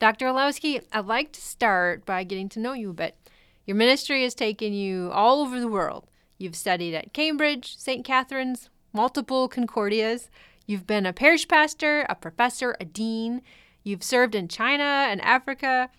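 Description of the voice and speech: An adult woman speaks fluently in a clear, steady voice with even pacing and normal pauses.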